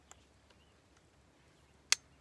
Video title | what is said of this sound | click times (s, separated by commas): 1st Look at Swagger QD Bipod | It snaps into place pretty nice. | 1.9 s